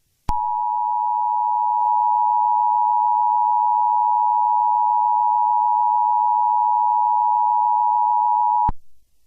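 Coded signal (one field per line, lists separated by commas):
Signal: Emergency Alert System (SAME) tones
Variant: 853 and 960 Hz attention tone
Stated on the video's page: Fictional EAS scenario.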